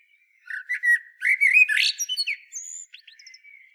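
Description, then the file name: Common blackbird delivering a rich fluty warbled phrase followed by scratchy twitters and a few thin high whistles. "Turdus merula"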